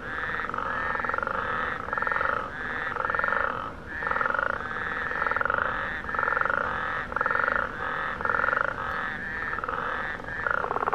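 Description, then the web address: Frogs croaking in a dense chorus, pulsed rattling bursts of about half a second repeating almost continuously, with brief dips between bursts. "aanipaa sounds sammakot"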